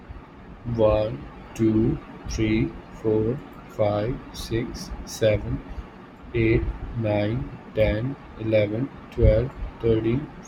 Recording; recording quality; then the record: counting at a normal pace; excellent, no background noise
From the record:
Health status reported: healthy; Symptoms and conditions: asthma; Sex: male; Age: 32 years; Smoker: yes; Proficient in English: yes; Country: India